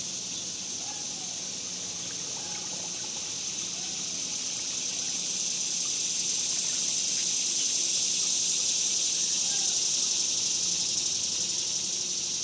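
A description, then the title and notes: Cicadas drone in a dense, unbroken hiss high in the range, swelling slightly louder after about five seconds and holding steady to the end. Underneath sits a low hum of suburban activity, with a few faint bird chirps near one, three and nine seconds. Ext Summer Cicadas, Suburbs by Bandeto.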